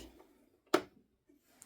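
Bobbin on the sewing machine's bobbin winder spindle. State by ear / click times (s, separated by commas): seated / 0.7 s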